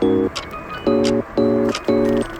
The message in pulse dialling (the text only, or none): none